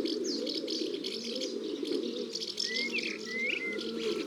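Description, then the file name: Rock dove: low, unbroken cooing, with thin chirps and a few clear whistles from other birds near the end. Domestic form of the rock dove. "Pigeon domestique biset ABC des chants doiseaux"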